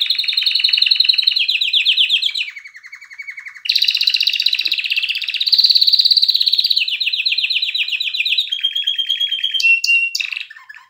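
Canary song of long continuous rolling trills, fast repeated notes changing pitch from phrase to phrase, with a short quieter lower section early on.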